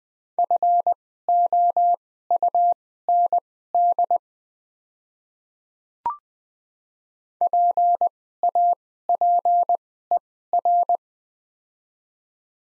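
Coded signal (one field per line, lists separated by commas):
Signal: Morse code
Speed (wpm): 20 wpm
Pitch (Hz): 700 Hz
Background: none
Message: FOUND PAPER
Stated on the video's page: Morse practice set of top 500 words at 20 wpm with Farnsworth-style double character spacing.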